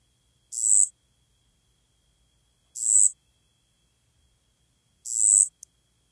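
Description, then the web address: Eastern striped cricket, three brief shrill buzzy trills spaced about two seconds apart, high and even in pitch, with near silence between them. North America. "Songs of Insects. Eastern Striped Cricket"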